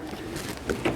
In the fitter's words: and so I'll go ahead and release that one